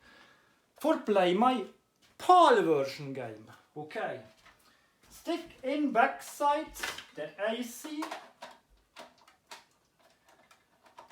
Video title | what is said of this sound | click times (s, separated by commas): GAMEPLAY & PRESENTING: Jet Force Gemini (1999) - Nintendo 64 / European Pal Version / 50Hz | Yeah, I heard a click, clack, click. | 8.4 s, 9.5 s, 11.0 s